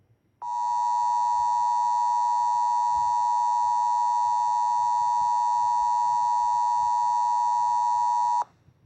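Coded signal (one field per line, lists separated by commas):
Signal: Emergency Alert System (SAME) tones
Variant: 853 and 960 Hz attention tone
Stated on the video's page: Fictional EAS scenario, not a real alert.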